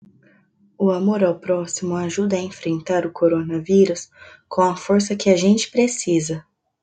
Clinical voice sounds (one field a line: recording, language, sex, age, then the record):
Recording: spoken sentence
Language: Brazilian Portuguese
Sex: female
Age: 20 to 29 years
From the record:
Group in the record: control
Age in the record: 23 years